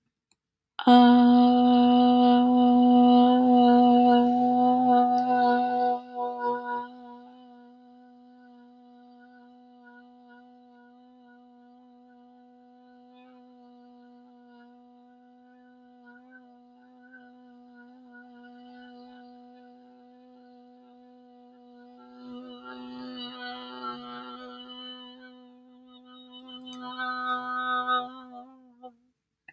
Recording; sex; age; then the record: vowel held as long as possible; female; 20 to 29 years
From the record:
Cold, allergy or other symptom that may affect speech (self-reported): no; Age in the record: 29 years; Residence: Virginia, United States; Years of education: 18